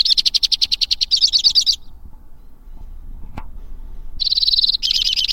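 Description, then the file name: White-winged crossbill song: coarse, pulsed high trills, a silent gap with one faint click, then two further brief trills. "suara-kicauan-burung-white-winged-crossbill 2-omkicau"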